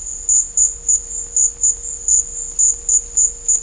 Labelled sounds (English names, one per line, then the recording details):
none
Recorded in dense forest near Puerto Asís, Putumayo, Colombia, on 21 December 2024 at 14:00
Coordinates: 0.500, -76.322
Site G053